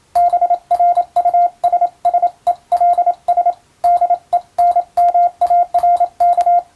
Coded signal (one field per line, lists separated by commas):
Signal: Morse code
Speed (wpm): 27 wpm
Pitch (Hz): 700 Hz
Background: radio noise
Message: BRUSSELS DENMARK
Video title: 昭和には無線通信士を養成する学校が多数ありました。こんな練習が毎日授業の中にありました。今でも国家試験があり、モールスの実技試験があります。ＣＷの受信練習に！ morse code practice